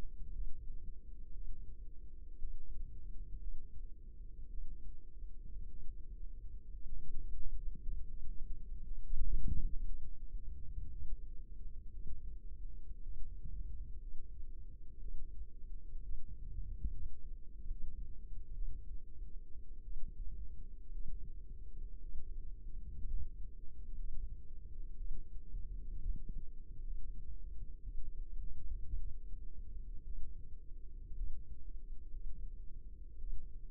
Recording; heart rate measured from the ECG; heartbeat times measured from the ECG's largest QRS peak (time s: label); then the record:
heart sounds by microphone in the left ear; 58 bpm
0.32 s: heartbeat
1.32 s: heartbeat
2.38 s: heartbeat
3.39 s: heartbeat
4.49 s: heartbeat
5.68 s: heartbeat
6.71 s: heartbeat
7.82 s: heartbeat
8.82 s: heartbeat
9.85 s: heartbeat
10.90 s: heartbeat
11.91 s: heartbeat
13.02 s: heartbeat
13.99 s: heartbeat
15.00 s: heartbeat
16.02 s: heartbeat
16.90 s: heartbeat
17.67 s: heartbeat
18.53 s: heartbeat
19.82 s: heartbeat
20.92 s: heartbeat
22.00 s: heartbeat
23.08 s: heartbeat
23.95 s: heartbeat
24.96 s: heartbeat
25.99 s: heartbeat
26.82 s: heartbeat
27.82 s: heartbeat
28.97 s: heartbeat
30.04 s: heartbeat
31.15 s: heartbeat
32.11 s: heartbeat
33.18 s: heartbeat
From the record:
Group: healthy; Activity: cold pressor test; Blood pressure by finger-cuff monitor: 112/69 mmHg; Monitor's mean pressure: 84 mmHg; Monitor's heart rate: 58 bpm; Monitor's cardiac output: 5.2 L/min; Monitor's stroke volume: 90 mL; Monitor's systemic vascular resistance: 1170 dyn s/cm5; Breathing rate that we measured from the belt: 21 breaths a minute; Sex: female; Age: 28 years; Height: 170 cm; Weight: 77 kg